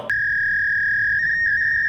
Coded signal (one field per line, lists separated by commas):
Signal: fax machine handshake